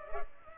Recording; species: mosquito wingbeat signal from an infrared sensor; Culex pipiens